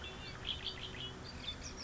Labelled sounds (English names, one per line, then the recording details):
Red-winged Blackbird
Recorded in Sonoma County, California